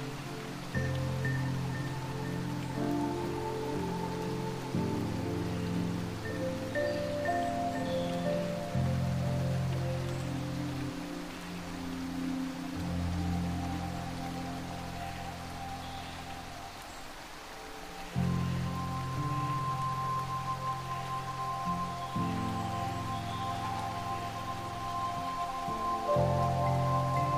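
Soft, dreamy Celtic-style music plays over a constant hiss of falling water and droplets. Low sustained tones shift chord every few seconds, with a gentle higher melody line drifting above. The music dips briefly around seventeen seconds, then returns slightly fuller.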